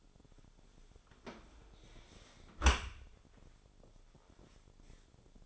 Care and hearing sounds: daily activity, microphone in the room; close dishwasher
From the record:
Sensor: 5

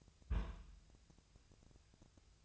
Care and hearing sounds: daily activity, microphone in the room; place on stove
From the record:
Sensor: 2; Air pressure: 999.1 hPa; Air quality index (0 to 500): 196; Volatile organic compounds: 27 ppm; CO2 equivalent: 2895 ppm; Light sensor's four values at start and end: 6/15/6/6 and 6/15/6/6

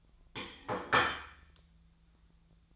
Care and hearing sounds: daily activity, microphone in the room; place plate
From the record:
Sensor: 3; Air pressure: 1009.4 hPa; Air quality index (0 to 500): 197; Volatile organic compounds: 16 ppm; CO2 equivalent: 2560 ppm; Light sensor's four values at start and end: 33/81/35/37 and 33/81/34/37

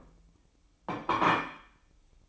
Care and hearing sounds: daily activity, microphone in the room; place plate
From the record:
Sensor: 1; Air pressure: 1007.5 hPa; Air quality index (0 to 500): 78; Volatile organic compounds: 1 ppm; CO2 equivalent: 675 ppm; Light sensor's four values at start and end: 8/18/7/8 and 8/18/7/8

